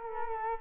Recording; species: mosquito wingbeat signal from an infrared sensor; Culex quinquefasciatus